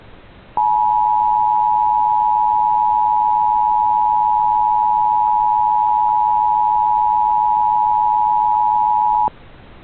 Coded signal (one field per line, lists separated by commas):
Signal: Emergency Alert System (SAME) tones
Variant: 853 and 960 Hz attention tone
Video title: EAS Mock: What if Texas used IPAWSCAP on RMT?